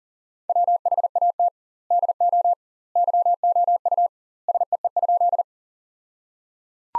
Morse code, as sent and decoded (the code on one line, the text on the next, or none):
.-- .... .- - / -.. --- / -.-- --- ..- / ... . . ..--..
WHAT DO YOU SEE?